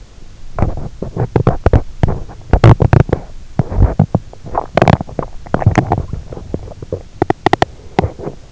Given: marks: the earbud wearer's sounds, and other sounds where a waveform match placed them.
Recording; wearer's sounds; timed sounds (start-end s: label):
sounds in sleep by an in-ear microphone; body movement, teeth grinding
0.53-8.52 s: body movement
2.43-3.36 s: teeth grinding
4.56-7.90 s: teeth grinding